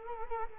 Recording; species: mosquito wingbeat signal from an infrared sensor; Culex quinquefasciatus